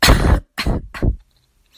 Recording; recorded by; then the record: voluntary cough; messaging app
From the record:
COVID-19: negative